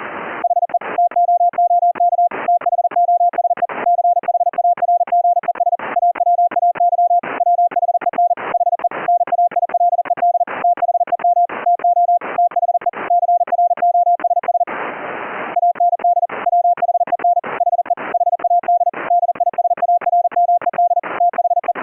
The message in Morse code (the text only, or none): HE TOOK THOSE CHARGES AWAY WHEN HE NAILED THEM TO THE CROSS AND WHEN HE HAD DISARMED THE